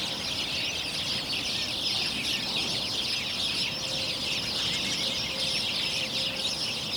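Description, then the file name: House sparrow flock giving a constant chorus of busy, overlapping high chirps throughout, with a faint thin tone partway through. "Passer domesticus"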